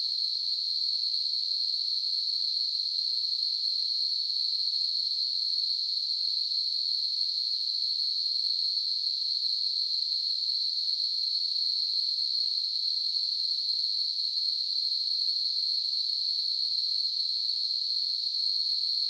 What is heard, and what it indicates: Tinnitus.